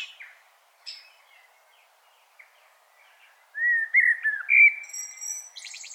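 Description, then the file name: Common blackbird song: a few faint notes, then a loud, fluty, warbling phrase with a squeaky high twitter at its end. "Turdus merula"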